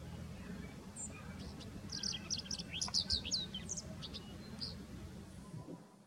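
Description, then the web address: Bird calls: a quick burst of high, thin chirps and short slurred notes, densest in the middle, over a low steady rumble. "yacho koe"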